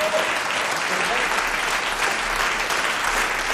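Sustained audience applause, a dense steady patter of many hands clapping at an even loudness for several seconds without a break.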